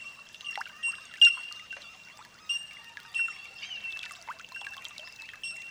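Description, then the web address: Bellbirds calling, a sustained high bell-like note with clusters of short metallic pings and a few louder chimes breaking through. Holophonic recording. "olofonia Bell Birds"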